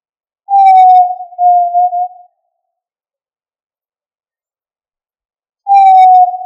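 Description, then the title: Tinamou whistles: a loud, steady, slightly falling whistle of about a second and three-quarters with a short broken tail, then silence before another begins. "Familia Tinamidae - Quail - Puyuh"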